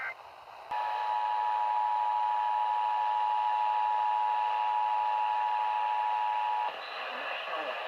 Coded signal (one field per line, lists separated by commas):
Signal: Emergency Alert System (SAME) tones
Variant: 853 and 960 Hz attention tone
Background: speech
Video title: SLIGHT Risk Chaos Juneteenth (EAS Alerts #67-74)